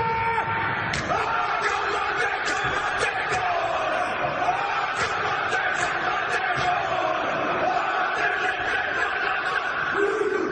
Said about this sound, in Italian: Sugli spalti dello stadio Eden Park di Auckland, la folla applaude gli All Blacks, la nazionale neozelandese di rugby, mentre si accinge a fronteggiare la squadra avversaria con l'haka, la danza maori che è ormai diventata un rituale insostituibile.